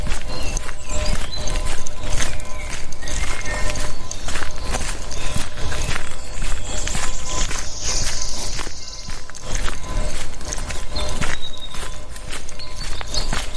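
A walk in the forest with a dog: footsteps crunch steadily and densely through the whole stretch, with irregular scuffs and knocks. Bird calls chirp faintly and often above, and a brief bright hiss rises around the sixth to ninth seconds.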